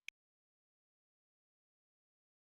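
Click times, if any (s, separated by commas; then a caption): 0.1 s. The lower tube of an iWALK 3.0 hands-free knee crutch is turned 90° in the knee platform socket until its spring button lines up with the hole. A single sharp, bright click is heard at 0.1 s as the spring button locks into the hole, followed by silence. The tube is seated and locked.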